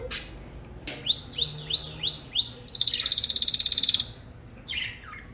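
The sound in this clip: Bird song, a series of quick slurred notes followed by a fast, even buzzy trill, then a few short high chirps.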